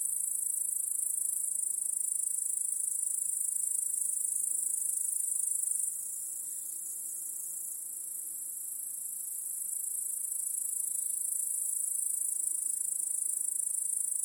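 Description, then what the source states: Crickets trilling continuously in a shrill, even chorus; the sound softens briefly midway, then returns to its earlier strength. Crickets in a backyard at night.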